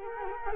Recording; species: mosquito wingbeat signal from an infrared sensor; Culex quinquefasciatus